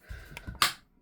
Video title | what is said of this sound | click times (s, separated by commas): GHK AUG GBB Rifle | Again, push that magazine in, hear it click, | 0.6 s